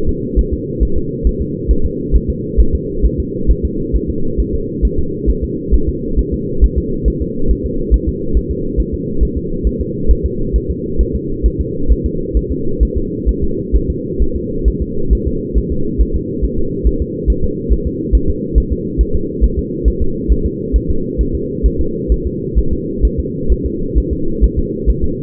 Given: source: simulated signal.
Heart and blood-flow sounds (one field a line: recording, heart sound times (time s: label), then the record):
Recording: fetal heart sounds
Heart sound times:
0.09 s: S2
0.39 s: S1
0.53 s: S2
0.83 s: S1
0.97 s: S2
1.27 s: S1
1.41 s: S2
1.71 s: S1
1.85 s: S2
2.16 s: S1
2.30 s: S2
2.60 s: S1
2.75 s: S2
3.05 s: S1
3.20 s: S2
3.51 s: S1
3.65 s: S2
3.96 s: S1
4.10 s: S2
4.40 s: S1
4.55 s: S2
4.85 s: S1
4.99 s: S2
5.29 s: S1
5.44 s: S2
5.74 s: S1
5.89 s: S2
6.19 s: S1
6.34 s: S2
6.64 s: S1
6.78 s: S2
7.08 s: S1
7.22 s: S2
7.51 s: S1
7.66 s: S2
7.94 s: S1
8.09 s: S2
8.37 s: S1
8.51 s: S2
8.80 s: S1
8.94 s: S2
9.23 s: S1
9.37 s: S2
9.67 s: S1
9.81 s: S2
10.11 s: S1
10.26 s: S2
10.56 s: S1
10.70 s: S2
11.01 s: S1
11.15 s: S2
11.46 s: S1
11.61 s: S2
11.91 s: S1
12.06 s: S2
12.37 s: S1
12.52 s: S2
12.83 s: S1
12.97 s: S2
13.29 s: S1
13.44 s: S2
13.76 s: S1
13.90 s: S2
14.22 s: S1
14.36 s: S2
14.68 s: S1
14.82 s: S2
15.13 s: S1
15.27 s: S2
15.58 s: S1
15.72 s: S2
16.01 s: S1
16.16 s: S2
16.45 s: S1
16.59 s: S2
16.87 s: S1
17.02 s: S2
17.30 s: S1
17.44 s: S2
17.72 s: S1
17.87 s: S2
18.15 s: S1
18.30 s: S2
18.58 s: S1
18.72 s: S2
19.01 s: S1
19.15 s: S2
19.44 s: S1
19.59 s: S2
19.88 s: S1
20.02 s: S2
20.32 s: S1
20.46 s: S2
20.76 s: S1
20.90 s: S2
21.21 s: S1
21.35 s: S2
21.66 s: S1
21.81 s: S2
22.12 s: S1
22.27 s: S2
22.58 s: S1
22.73 s: S2
23.05 s: S1
23.20 s: S2
23.52 s: S1
23.66 s: S2
23.98 s: S1
24.13 s: S2
24.44 s: S1
24.59 s: S2
24.90 s: S1
25.04 s: S2
From the record:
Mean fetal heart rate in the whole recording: 135 bpm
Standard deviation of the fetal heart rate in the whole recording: 3 bpm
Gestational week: 34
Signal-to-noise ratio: -8.1 dB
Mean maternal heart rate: 72 bpm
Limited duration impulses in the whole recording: absent